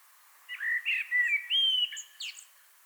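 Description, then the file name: Common blackbird delivering one short phrase of clear, mellow whistles with a few thin, high squeaks near its end. "Turdus merula"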